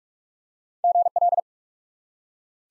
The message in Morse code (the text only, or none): GL